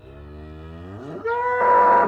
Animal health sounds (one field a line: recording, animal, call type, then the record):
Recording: contact call of a hoofed animal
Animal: cattle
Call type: low-frequency (closed-mouth) or high-frequency (open-mouth) call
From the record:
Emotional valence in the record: negative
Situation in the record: full separation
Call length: 2.1 s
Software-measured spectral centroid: 1130 Hz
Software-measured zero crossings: 1260 a second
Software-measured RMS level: -21 dBFS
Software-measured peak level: -6 dBFS